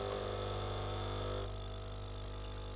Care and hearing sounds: daily activity, microphone in the room; make coffee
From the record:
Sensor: 4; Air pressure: 992.5 hPa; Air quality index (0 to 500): 142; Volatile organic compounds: 76 ppm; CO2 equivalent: 3573 ppm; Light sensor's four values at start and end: 16/57/21/21 and 17/60/22/23

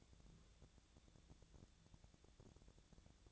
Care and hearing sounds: daily activity, microphone in the room; take from stove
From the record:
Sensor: 3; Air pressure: 1000.0 hPa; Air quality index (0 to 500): 126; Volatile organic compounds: 2 ppm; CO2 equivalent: 1134 ppm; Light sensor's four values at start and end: 44/110/47/52 and 44/111/48/53

